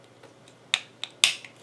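A 3D-printed plastic Pez candy dispenser head is eased onto the two tapered hinge pins on the dispenser's sliders and pushed until it snaps into place. Sharp plastic snaps ring out at 0.7 s and 1.2 s, with a smaller click at 1.0 s between them and faint ticks around 0.5 s and 1.4 s. The head ends up seated on the pins.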